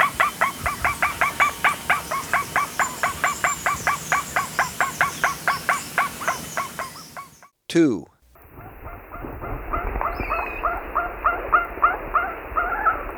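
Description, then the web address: Bearded guan calling in a rapid, steady series of short harmonic notes, about four per second; after a brief break the series resumes, softer. Recorded in Ecuador. "Birds of Ecuador. Bearded Guan"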